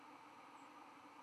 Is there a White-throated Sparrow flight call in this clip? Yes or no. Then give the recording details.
no. Another species' flight call is heard. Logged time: 05:39 on 11 November 2014